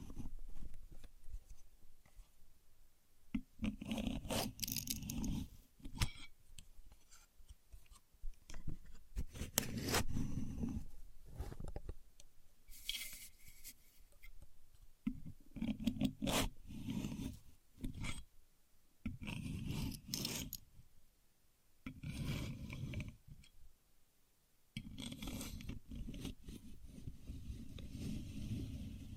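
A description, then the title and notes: A contour gauge is handled with no talking: bursts of scraping and rattling as its pins slide and click, each lasting a second or two. Between them come brief pauses and softer shuffling, and the handling is fairly steady throughout, with a few sharper, brighter clatters. Using A Contour Gauge (No Talking).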